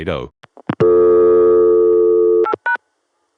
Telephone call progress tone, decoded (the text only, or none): dial tone